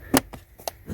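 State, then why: Seated. The plastic cover of a cabin air filter housing, behind the glove box, is pushed into the housing until its two side latches click. Two sharp clicks land at 0.2 s and 0.7 s, with a fainter tap at 0.3 s between them. The cover is seated.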